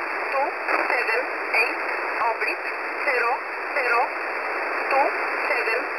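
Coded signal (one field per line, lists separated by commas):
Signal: numbers station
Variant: E11 Oblique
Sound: short spoken words, about one per second, in a steady voice through heavy radio hiss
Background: radio static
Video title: E11 Oblique 13/07/2023 0930 UTC 6923kHz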